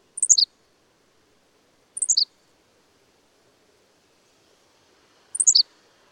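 Bird gives three quick descending four-note phrases, high and bright, the first two close together and the third after a longer pause.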